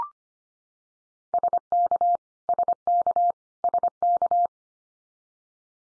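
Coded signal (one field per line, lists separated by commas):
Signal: Morse code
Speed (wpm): 25 wpm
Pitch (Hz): 700 Hz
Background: none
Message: SK SK SK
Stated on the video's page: Head-copy drill of Canadian provinces and territories at 25 wpm, each sent, spoken, then sent again.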